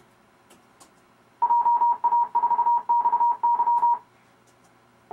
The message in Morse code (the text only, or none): JA4XY